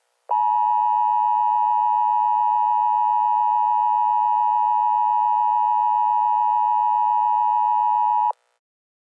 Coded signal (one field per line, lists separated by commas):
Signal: Emergency Alert System (SAME) tones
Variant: 853 and 960 Hz attention tone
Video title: Eas Scenario: Unknown Entity Spotted Near New Jersey